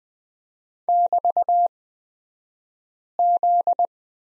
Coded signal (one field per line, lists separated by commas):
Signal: Morse code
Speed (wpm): 20 wpm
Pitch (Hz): 700 Hz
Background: none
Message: <BT>Z